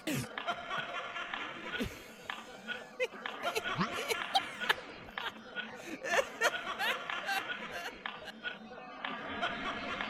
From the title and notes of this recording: Laughter in Theatre/Applause in Theatre (1935 Columbia), 78 RPM UK disc.